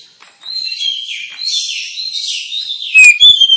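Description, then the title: Oriental magpie-robin, soft varied warbling running on, ending in a few sudden loud whistled notes. Lure (pancingan) recording of a kacer meant to provoke other kacer birds into singing and fighting; described as persistent 'full tembakan' singing, making birds 'ngeplong gacor'. "Kacer Langsung Tarung Konslet KACER NGOTOT FULL TEMBAKAN. Kacer dimana SAJA Bakalan NGEPLONG GACOR dengan Pancingan Kacer ini"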